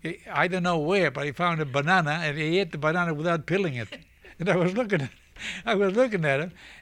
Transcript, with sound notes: I don't know where, but he found a banana, and he ate the banana without peeling it. (he laughs) And I was looking at, I was looking at him.